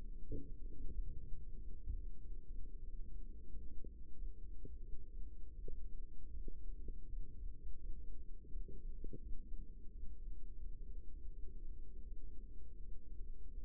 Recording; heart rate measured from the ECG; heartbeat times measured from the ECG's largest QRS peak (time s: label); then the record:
heart sounds by microphone in the left ear; 86 bpm
0.22 s: heartbeat
0.91 s: heartbeat
1.55 s: heartbeat
2.17 s: heartbeat
2.80 s: heartbeat
3.48 s: heartbeat
4.13 s: heartbeat
4.79 s: heartbeat
5.52 s: heartbeat
6.29 s: heartbeat
7.06 s: heartbeat
7.76 s: heartbeat
8.47 s: heartbeat
9.19 s: heartbeat
9.90 s: heartbeat
10.57 s: heartbeat
11.30 s: heartbeat
12.04 s: heartbeat
12.78 s: heartbeat
13.49 s: heartbeat
From the record:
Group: healthy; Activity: rest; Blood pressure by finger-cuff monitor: 125/105 mmHg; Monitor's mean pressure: 118 mmHg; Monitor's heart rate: 88 bpm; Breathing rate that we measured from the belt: 21 breaths a minute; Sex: male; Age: 21 years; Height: 180 cm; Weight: 67.5 kg